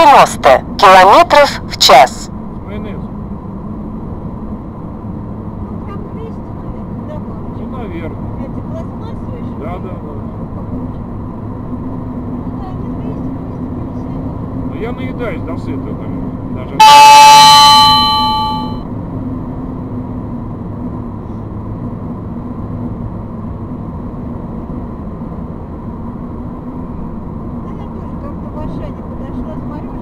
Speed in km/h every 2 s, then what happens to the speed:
72, 74, 77, 79, 80, 81, 81, 81, 81, 81, 82, 82, 80, 81, 81.
0-10 speeds up to 81. 10-30 steady at about 81.